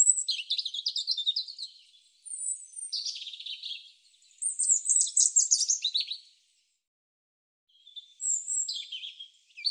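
European robin singing a run of high, tinkling, varied phrases mixing thin whistles with quick trills, with gaps between them.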